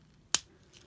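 A second plastic connector tab on the other leg of a transforming toy robot, the JB02 Fire Braver from Tomica Heroes Jobraver, is pushed into its leg panel. It gives one sharp, bright click at 0.4 s, followed by a much fainter tick near 0.8 s. The connector seats firmly in place.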